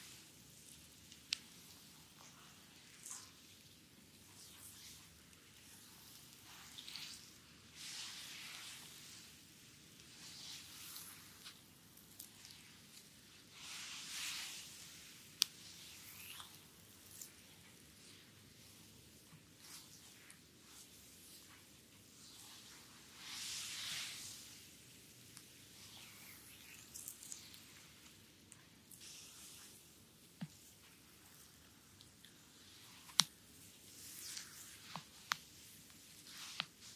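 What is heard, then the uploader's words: Soft rubbing and brushing on the belly rise and fall in gentle waves, with occasional sharp clicks and taps over a quiet low hum. ASMR Visceral Front Massage (stomach, belly, abdominal) . Asian style asmr.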